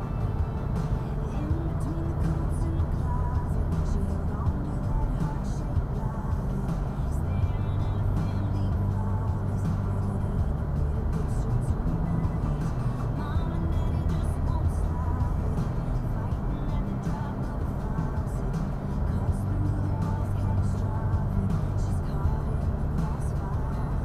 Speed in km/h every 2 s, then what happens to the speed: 82, 82, 84, 81, 82, 82, 84, 82, 81, 81, 82, 82.
0-24 steady at about 82.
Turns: none.